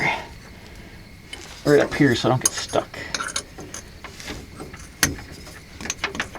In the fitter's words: that clicked right in.